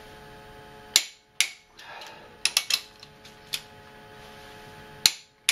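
A click-type torque wrench set to 90 ft-lb is used to retorque the cylinder head bolts on a Mercedes-Benz W140 S320 M104 engine. Sharp paired clicks ring out at 0.96, 1.41, 5.06 and 5.49 seconds, with lighter taps and faint tool noises in between. The wrench clicks at its setting, and the bolts are torqued.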